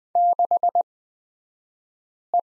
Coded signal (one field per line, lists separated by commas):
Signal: Morse code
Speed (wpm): 20 wpm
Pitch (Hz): 700 Hz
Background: none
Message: 6E